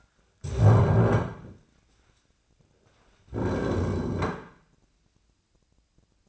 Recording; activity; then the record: daily activity, microphone in the room; stand up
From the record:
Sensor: 2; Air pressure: 1009.1 hPa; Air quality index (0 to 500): 177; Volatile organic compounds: 2 ppm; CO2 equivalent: 1290 ppm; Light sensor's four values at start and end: 34/88/38/40 and 36/93/40/43